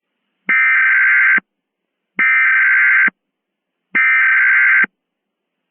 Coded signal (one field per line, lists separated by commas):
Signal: Emergency Alert System (SAME) tones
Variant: header bursts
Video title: EAS Mock Scenario: Judas